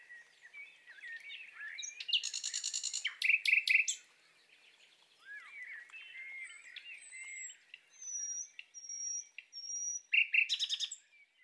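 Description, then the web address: Common nightingale song in short bursts of fast repeated notes and chirps, with thin high whistles and soft warbling between them. Nightingale in love, singing courtship song. "annee nature rossignol amoureux"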